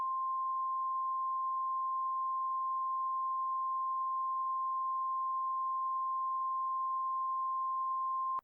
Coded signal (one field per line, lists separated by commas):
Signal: Emergency Alert System (SAME) tones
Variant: 1050 Hz attention tone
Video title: The 2022 Eastern Blizzard: An EAS Scenario (Remastered)